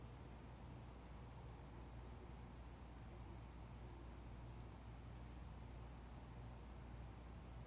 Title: Carefree Arizona, Predawn insects, the occasional car and Coyote